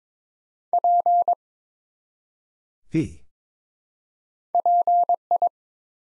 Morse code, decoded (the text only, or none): P PI